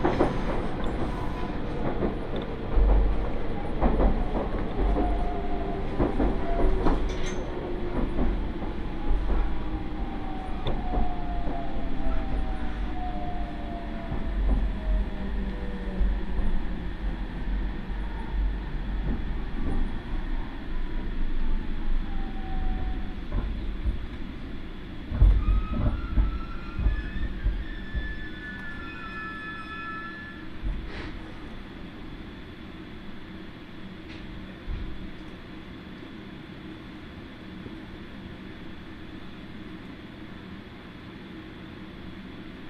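Iida Line train rumbling toward Shinshiro, steady low clatter with squealing wheel tones and sharp knocks early, fading quieter after thirty seconds.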